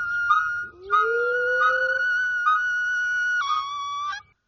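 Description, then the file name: Monkey calls: long, steady whistled tones held for several seconds, briefly broken and resumed, with a lower rising note slurring upward underneath early on. "affe"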